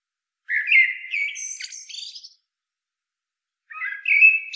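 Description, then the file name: Common blackbird singing one full phrase of mellow fluted notes ending in a squeaky high flourish, then a second phrase begins after a short pause. "Turdus merula"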